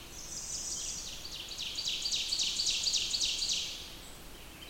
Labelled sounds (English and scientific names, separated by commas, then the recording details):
Ovenbird (Seiurus aurocapilla) song
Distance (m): 40 m
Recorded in boreal forest in Alberta, Canada, on 20 June 2016 at 06:14
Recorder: SongMeter 3, array SBT-6-81
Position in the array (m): 76 m, 101 m
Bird 23